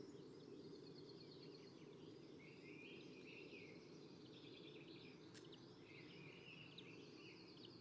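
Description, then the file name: Common chaffinch singing, rattling trills of rapid notes, with faint chirps of other birds over a constant low background rumble. "Fringilla coelebs"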